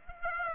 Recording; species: mosquito wingbeat signal from an infrared sensor; Aedes aegypti